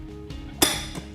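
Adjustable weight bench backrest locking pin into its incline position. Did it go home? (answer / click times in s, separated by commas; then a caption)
yes / 0.6 s. Someone pulls the lever on an adjustable gym bench and sets the metal backrest to an incline. After a soft knock at about 0.3 s, the locking pin snaps into its incline position with a sharp, loud metallic click at 0.6 s, followed by a brief ringing decay. The latch engages and the backrest is held securely.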